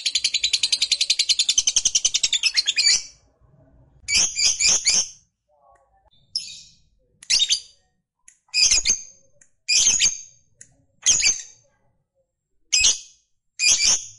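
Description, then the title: Lovebird song: a rapid, buzzy chattering trill for about three seconds, then a series of short, harsh, high chirps repeated at short intervals. Recording played to prompt a reluctant lovebird into spontaneous, energetic singing. "LOVEBIRD Malas Bunyi JADI GREGET SPONTAN Langsung NARIK"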